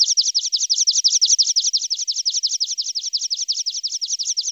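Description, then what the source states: Lark song: one continuous, very fast and even run of high chirping notes repeated without a break. Masteran training recording for larks.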